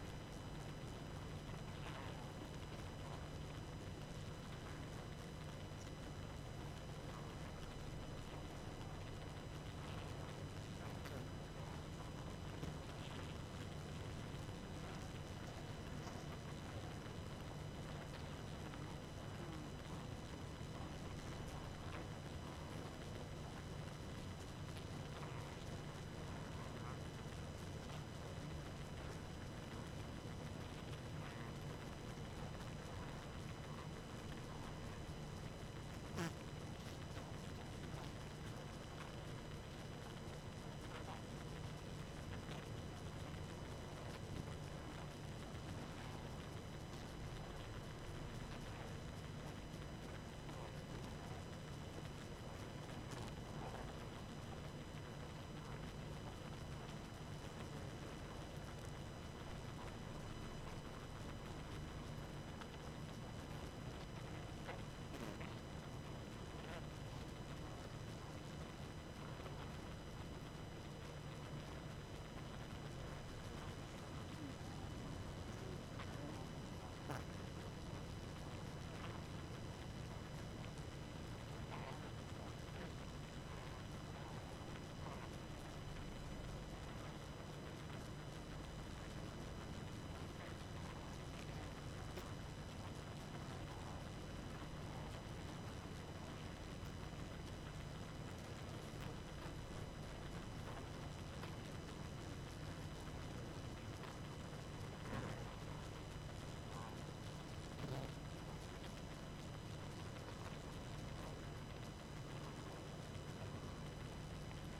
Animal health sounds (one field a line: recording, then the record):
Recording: honeybee colony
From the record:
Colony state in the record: active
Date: 12 June 2018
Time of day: 22:31